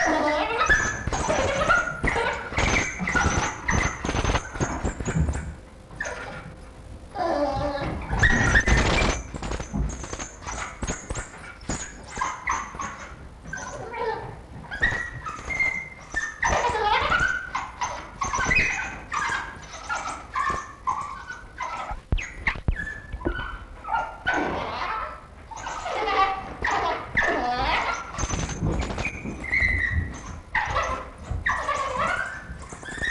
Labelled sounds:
African Wild Dog (Lycaon pictus)
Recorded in captivity
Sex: female
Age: adult
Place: Tierpark Berlin, Berlin, DE
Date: 1963-12-25 10:30
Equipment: Minifon, Kopie BG 26/1
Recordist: Tembrock, Günter
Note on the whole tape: 1961 gezüchtet. Rhythmisches Winseln und andere Laute, als Pfleger vorbeigehen und nachdem sie fort sind. Abstand: 3-4 m. Aufnahmezeit: 10.30 bis 13.30 Uhr

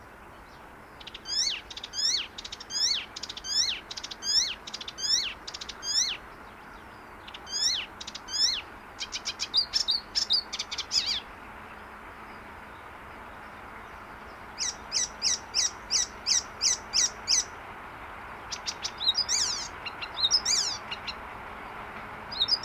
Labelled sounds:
Icterine Warbler (Hippolais icterina)
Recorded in the wild
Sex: male
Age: adult
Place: Baiersdorf, Bayern, DE
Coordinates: 49.6578, 11.0319
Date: 1962-06-13
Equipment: Stellavox SM 5, Original, Vollspur
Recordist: Tretzel, Erwin

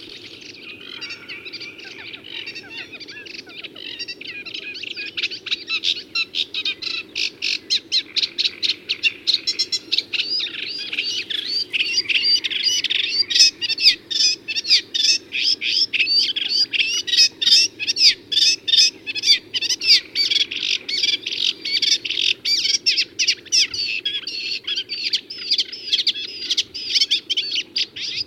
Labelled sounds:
Sedge Warbler (Acrocephalus schoenobaenus) song
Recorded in the wild
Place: Temmen-Ringenwalde, Mecklenburg-Vorpommern, DE
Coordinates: 53.097, 13.748
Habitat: Lake
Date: 1982-05-13
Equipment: Nagra III BH, Sennheiser MD 21, parabola
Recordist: Schubert, Michael

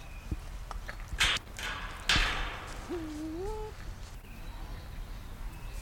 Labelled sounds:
Bare-faced Curassow (Crax fasciolata) call
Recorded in captivity
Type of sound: call
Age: adult
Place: Vogelpark Bad Rothenfelde, Niedersachsen, DE
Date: 1991-09-16
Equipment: Marantz, Sennheiser ME 80, Kopie Tesla B 116
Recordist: Tembrock, Günter
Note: Dunkle Langlaute

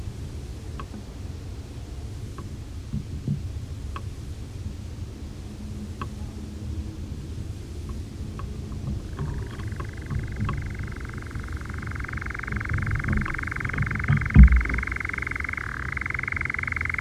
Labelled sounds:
Eurasian Nightjar (Caprimulgus europaeus)
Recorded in the wild
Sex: male
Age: adult
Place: Oerlinghausen, Teutoburger Wald, Nordrhein-Westfalen, DE
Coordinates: 51.9667, 8.66667
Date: 1972-06-04
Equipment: Uher 4200 Report Stereo, Bändchenmikro Beyer M 260, Parabolspiegel Polyester (600 mm)
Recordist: Conrads, Klaus

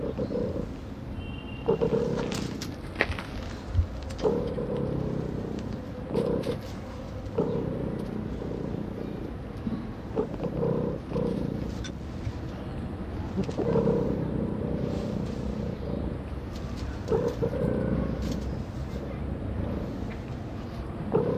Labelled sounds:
Sand Fox (Vulpes rueppellii) growling
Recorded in captivity
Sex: female
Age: adult
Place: Zoo Halle, Sachsen-Anhalt, DE
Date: 1977-10-13 12:30
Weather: sunny, ca. 18°C
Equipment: Nagra SN, Kopie Uher 4000 Report Monitor
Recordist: Tembrock, Günter

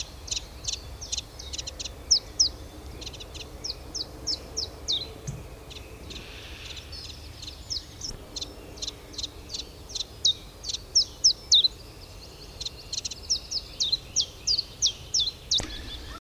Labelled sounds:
Common Chiffchaff (Phylloscopus collybita)
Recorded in the wild
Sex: male
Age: adult
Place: Halle (Westfalen), OT Tatenhausen, Nordrhein-Westfalen, DE
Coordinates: 52.0439, 8.325
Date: 1973-04-15
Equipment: Uher 4200 Report Stereo, Bändchenmikro Beyer M 260, Parabolspiegel Polyester (600 mm)
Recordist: Conrads, Klaus
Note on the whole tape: Schloß Tatenhausen. Reviernachbarn: Gesang und Rufe

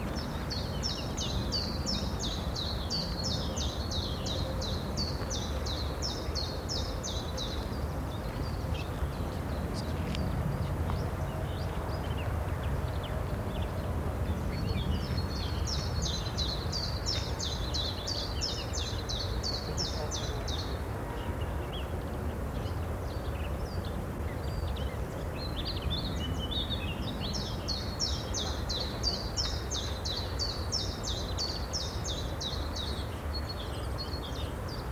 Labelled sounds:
Common Chiffchaff (Phylloscopus collybita) song
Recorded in the wild
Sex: male
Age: adult
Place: Karower Teiche, Naturpark Barnim, Berlin, DE
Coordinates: 52.622, 13.46
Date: 1993-04-14 10:35
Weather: sonnig
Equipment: Sony WM-D6C, Sennheiser ME 80, K 30 AV, Kopie Tascam 22-2
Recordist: Quaisser, Christiane
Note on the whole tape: Gesang, im Anschluß an Ph. trochilus

